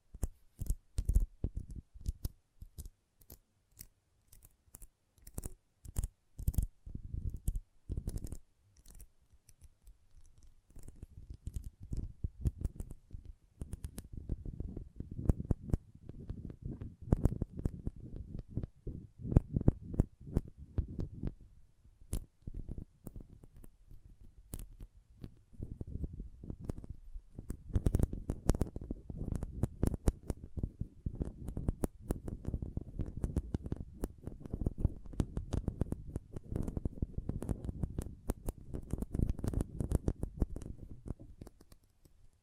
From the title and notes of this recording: ASMR Intense Magnetic Tingles (No Talking).